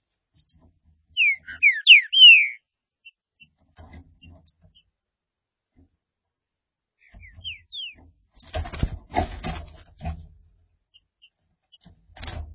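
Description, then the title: Green-winged saltator song: a short burst of several loud, slurred whistled notes sweeping downward, then two faint notes and later bursts of rustling noise. "Trinca Ferro"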